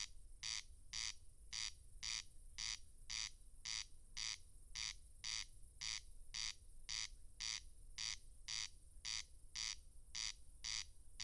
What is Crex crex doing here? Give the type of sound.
song